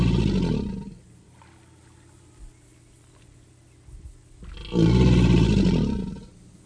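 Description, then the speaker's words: American alligator bellows, two deep rumbling roars with a gargling, pulsed texture, one at the start and a louder one near the end, separated by a quiet pause. Typical mating bellow, produced to signify territory and to attract mates; a deep rumbling gargle. "Here is Alligator Mississippiensis making one of these bellows, the American alligator, by George B. Reinard"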